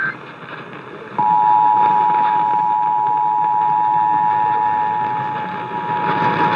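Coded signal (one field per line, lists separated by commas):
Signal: Emergency Alert System (SAME) tones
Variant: 853 and 960 Hz attention tone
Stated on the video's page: Required Monthly Test for Ohio carried on a radio station.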